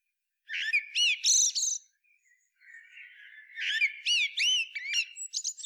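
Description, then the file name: Eurasian blackbird singing two varied phrases, each of warbled notes rising into a burst of high, squeaky twittering, separated by a brief pause. "Turdus merula"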